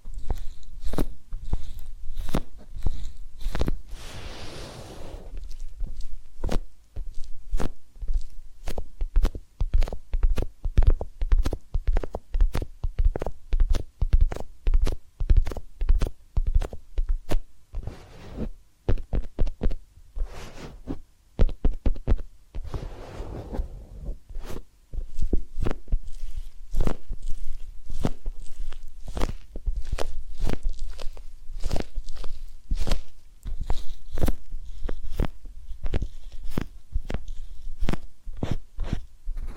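Massage and ear cleaning sounds, made of quick, crisp taps and clicks that come in a rapid, uneven stream for the whole time. Soft brushing swishes rise around the fifth and twenty-third seconds, and a faint low rumble lies underneath.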